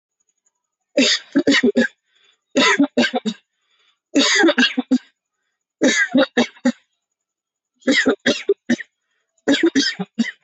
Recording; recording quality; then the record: shallow voluntary cough; moderate, slight background noise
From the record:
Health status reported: healthy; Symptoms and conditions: hypertension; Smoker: not ticked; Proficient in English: yes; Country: India